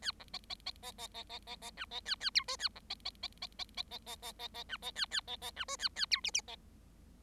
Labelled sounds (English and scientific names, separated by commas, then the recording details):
Bengalese Finch (Lonchura striata domestica) song
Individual Bird7